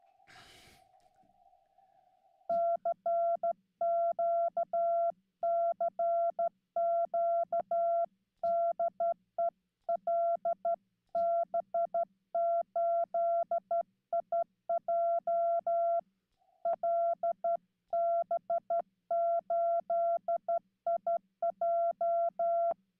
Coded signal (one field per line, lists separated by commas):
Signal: Morse code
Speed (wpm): 12 wpm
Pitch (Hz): 680 Hz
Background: none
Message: CQ CQ DE LB8IJ LB8IJ